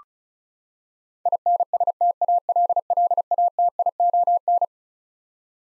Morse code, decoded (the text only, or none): INSTALLATION